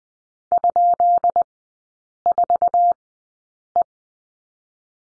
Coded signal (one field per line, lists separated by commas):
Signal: Morse code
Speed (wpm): 20 wpm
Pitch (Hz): 700 Hz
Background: none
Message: ?4E